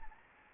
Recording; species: mosquito wingbeat signal from an infrared sensor; Anopheles arabiensis